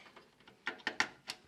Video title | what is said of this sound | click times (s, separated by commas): Replace a PC Power Supply - YOU GOT POWER | There we go, I clicked. | 1.0 s